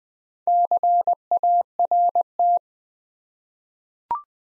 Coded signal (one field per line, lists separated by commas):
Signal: Morse code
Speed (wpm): 20 wpm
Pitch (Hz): 700 Hz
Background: none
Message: CART